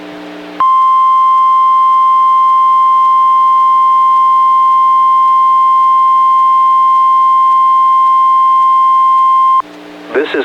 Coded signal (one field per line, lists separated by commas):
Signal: Emergency Alert System (SAME) tones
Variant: 1050 Hz attention tone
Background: speech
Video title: EAS #983: NWR Required Weekly Test- Sep. 18, 2024- 11:22AM PDT